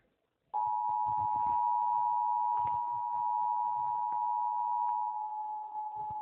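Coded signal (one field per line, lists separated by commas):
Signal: Emergency Alert System (SAME) tones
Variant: 853 and 960 Hz attention tone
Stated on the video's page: Fictional EAS scenario alert.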